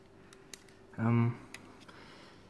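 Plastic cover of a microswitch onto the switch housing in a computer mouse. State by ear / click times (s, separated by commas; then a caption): seated / 0.5 s. The small plastic top cover of a computer mouse microswitch is pressed down by hand until it snaps onto the switch housing, with a sharp little click at 0.5 s. Someone talks briefly, and a few other faint ticks are heard around it. The cover is seated on the switch.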